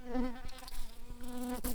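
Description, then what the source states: Shrill carder bee buzzing, a steady droning hum with a harmonic stack, holding nearly level pitch throughout with slight wavering and brief clicks. Workers.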